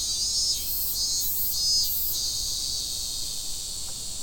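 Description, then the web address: Cicada song, steady high-pitched buzzing with three stronger pulses near the start, then an even drone. Recorded in Fukushima on 30 July 2015. "fukudai fu cicadda"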